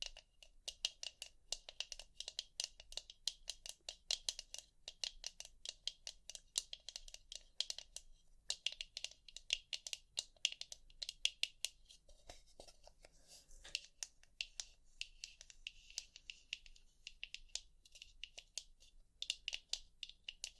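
Rapid tapping runs throughout, a dense stream of sharp, bright clicks in uneven bursts. The taps cluster tightly for stretches, thin out briefly around twelve to fourteen seconds, then resume at a similar quick pace. A faint low hum sits underneath.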